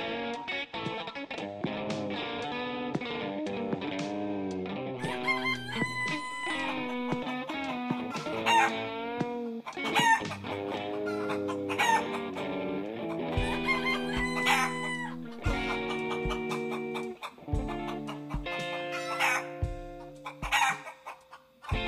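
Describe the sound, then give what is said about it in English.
Rooster crows and busy chicken clucking layered into a loud, distorted musical mix, with a steady thumping bass beat kicking in partway through. “Disco chicken.”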